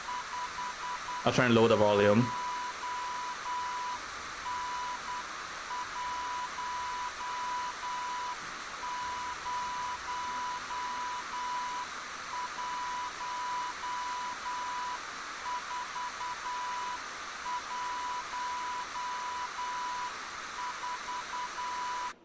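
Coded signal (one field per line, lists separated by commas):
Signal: Morse code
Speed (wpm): 10 wpm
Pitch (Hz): 990 Hz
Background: speech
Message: 52N101414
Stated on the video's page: Heard in the game Chinatown Detective Agency, streamed live.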